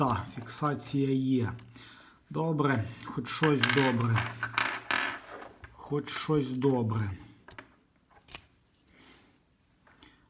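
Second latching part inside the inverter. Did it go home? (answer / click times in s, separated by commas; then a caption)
no / none. Someone talks while trying to fit a second latching part of the same kind inside a Fronius Sumo 5.0-3-M on-grid inverter, followed by only faint, sparse handling taps and clicks. The second latch fails to lock, and nothing has seated or clicked yet.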